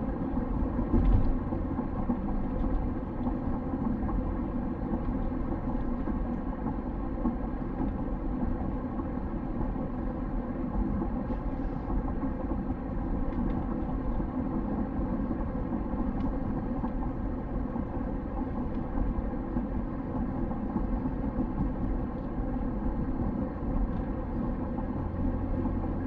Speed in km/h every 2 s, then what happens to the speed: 57, 57, 57, 56, 56, 57, 56, 55, 55, 55, 54, 54, 55.
0-26 steady at about 56.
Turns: none.